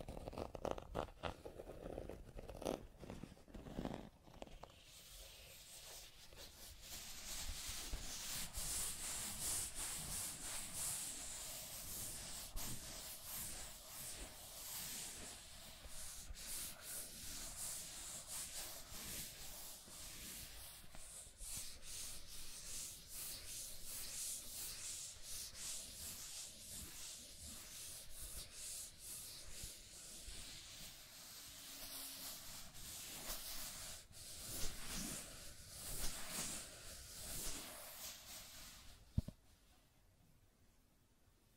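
Scratching and tracing over a surface, a dense, steady rasping that fills the clip from about five seconds on, bright and hissy with quick irregular strokes. The first seconds are quieter and patchier, and the sound cuts off abruptly near thirty-nine seconds.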